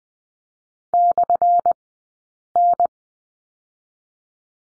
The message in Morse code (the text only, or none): /N